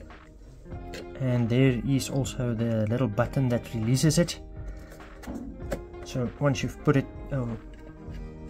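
Someone talks while handling the plastic foot piece of the monitor stand against its mount on the back of an AOC 24B3HM 23.8" screen. Only soft handling noise is heard under the voice. The foot piece has not seated or clicked yet.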